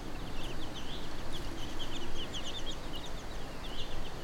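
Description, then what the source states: Chicken chicks calling with rapid, thin high peeps that run almost continuously throughout; low steady rumble behind. A hen with her chicks, recorded on Brownsea Island.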